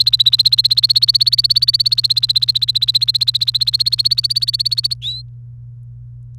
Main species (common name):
Domestic Canary